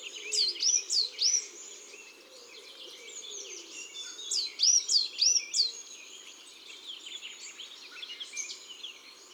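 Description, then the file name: Coal tit song: two runs of four clear, high, swooping notes a few seconds apart, amid a chorus of other twittering birds and faint low coos. Song in woods and forests. "Mesange noire Chants doiseaux des bois et des forets"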